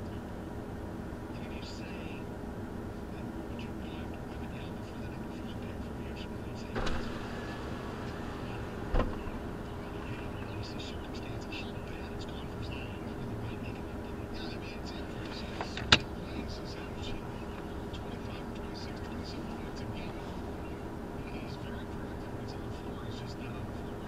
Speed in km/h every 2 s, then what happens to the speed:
0, 0, 0, 0, 0, 0, 0, 0, 0, 0, 0, 0.
0-24 standing.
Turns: none.